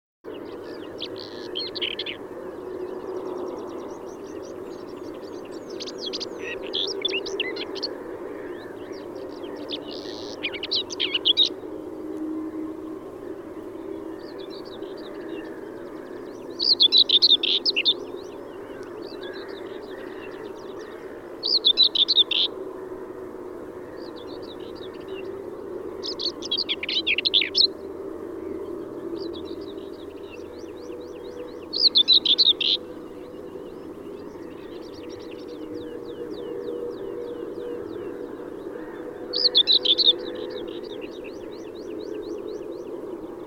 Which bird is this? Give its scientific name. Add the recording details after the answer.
Sylvia communis. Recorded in the wild. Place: Wierden, Overijssel, NL. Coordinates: 52.358, 6.594. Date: 1990-05-18. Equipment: Nagra III BH, Sennheiser MD 21, parabola. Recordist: Schubert, Michael. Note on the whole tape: Gesang Dorngrasmücke mit besonderer Gesangsvariante